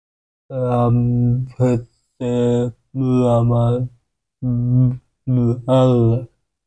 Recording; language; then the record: elicited speech; Bengali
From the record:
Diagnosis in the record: Broca's or global aphasia after a stroke